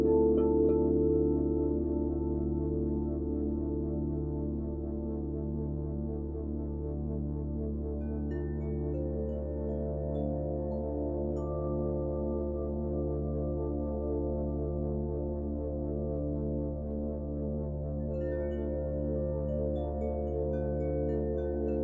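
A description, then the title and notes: Binaural beats: a steady, low humming drone made of stacked pure tones, with a slow wavering pulse running through the layers. Brief faint glints of higher tones appear around eight and eighteen seconds, while the overall level stays even throughout. Binaural Beats | מדיטציית צלילים רב ממדית | טונים בינוראלים וראב.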